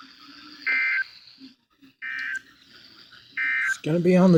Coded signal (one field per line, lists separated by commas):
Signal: Emergency Alert System (SAME) tones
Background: speech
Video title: Severe Thunderstorm Warning Fulton IL (EAS 436-437)